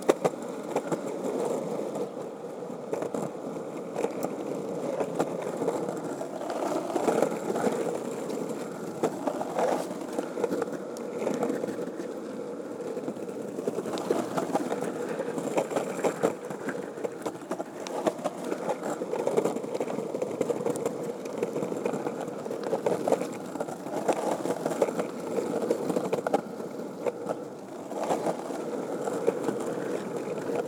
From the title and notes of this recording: So, I grabbed my board and started skating. The sound of the roads and sidewalks get gravelly at times.